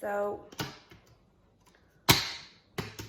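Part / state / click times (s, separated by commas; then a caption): HEPA filter into filter shell / seated / 2.1 s, 2.8 s. A HEPA filter is lined up and slid into its silver plastic shell, with someone talking at the start. Sharp clicks ring out at 2.1 s and 2.8 s, with fainter taps in between. The clicks show the filter is seated in place on both sides.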